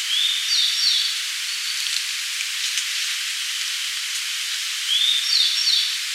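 Grey bunting song: two brief high, thin phrases that slur upward then break into quick notes, separated by hissing background.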